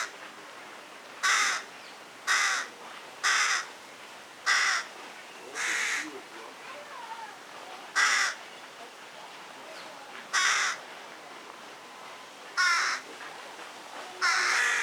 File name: Corvus corone